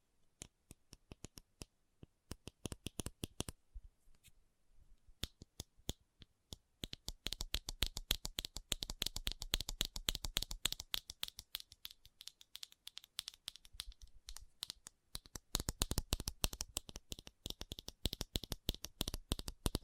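Fast tapping in quick, sharp clicks, sparse and irregular for the first few seconds with a short pause around four to five seconds. From about seven seconds on the taps come dense and rapid, nearly continuous, with a few brief lulls, crisp and bright throughout.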